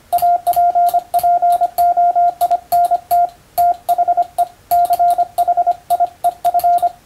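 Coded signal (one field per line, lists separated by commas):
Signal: Morse code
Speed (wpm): 25 wpm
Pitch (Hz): 700 Hz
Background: radio noise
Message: APPOINT THE CHIEF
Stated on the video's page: Morse receiving practice at 125 characters per minute for the first-class radiotelegraph operator exam.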